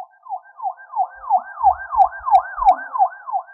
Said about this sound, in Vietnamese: Đột nhiên tiếng xe cảnh sát vang lên, mọi người đều xoay đầu nhìn, chỉ thấy chiếc xe cảnh sát nhanh chóng lại trước cửa Trương gia.